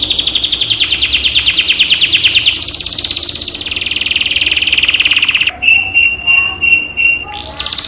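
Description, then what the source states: Canary song of long rapid rolling trills that shift in pitch, then a series of separate sharp whistled notes and another high trill. Cage canary; training recording used as therapy to raise the bird's singing volume.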